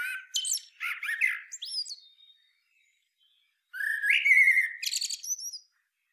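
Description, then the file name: Eurasian blackbird song: two phrases separated by a pause, each with lower fluted whistles and a high twittering. "Turdus merula"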